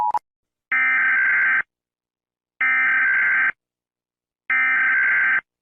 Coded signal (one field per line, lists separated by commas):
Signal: Emergency Alert System (SAME) tones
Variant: header bursts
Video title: EAS Alarms in different Countries (Part 1 + 2 + 3)